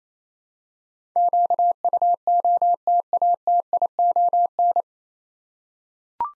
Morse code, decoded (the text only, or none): QUOTATION